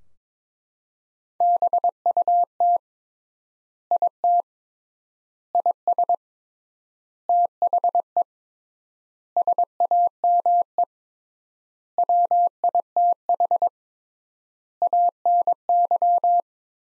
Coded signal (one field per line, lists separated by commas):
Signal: Morse code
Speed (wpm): 22 wpm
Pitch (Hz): 700 Hz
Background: none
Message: BUT IT IS THE SAME WITH ANY